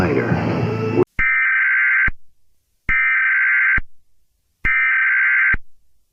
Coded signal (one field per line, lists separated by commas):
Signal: Emergency Alert System (SAME) tones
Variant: header bursts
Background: speech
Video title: 1999 Moore Oklahoma F5 EAS Scenario